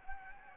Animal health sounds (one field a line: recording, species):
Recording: mosquito wingbeat signal from an infrared sensor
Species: Anopheles gambiae